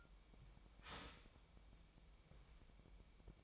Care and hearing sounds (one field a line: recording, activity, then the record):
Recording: daily activity, microphone in the room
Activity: start toaster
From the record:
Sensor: 1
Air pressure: 1002.0 hPa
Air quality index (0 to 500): 239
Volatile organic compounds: 43 ppm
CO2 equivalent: 3201 ppm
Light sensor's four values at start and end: 10/35/12/14 and 10/35/12/14